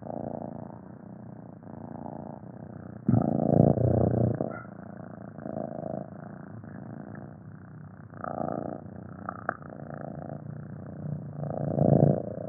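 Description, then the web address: Cat purring in a low, deep, continuous rumble with rhythmic pulses, swelling louder in bursts then easing back. Long deep purring. "SFXSource. Cat Purring Long Deep"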